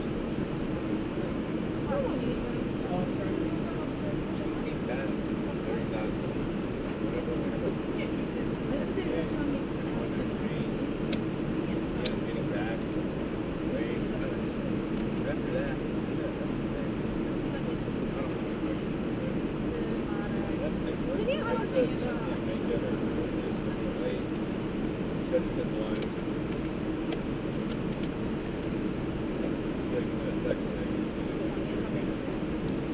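An airplane waiting for departure, with a steady, dense low rumble and hum that holds level for the whole stretch. Murmured voices run underneath throughout, and a few faint clicks and knocks stand out near the middle and toward the end.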